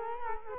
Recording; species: mosquito wingbeat signal from an infrared sensor; Culex quinquefasciatus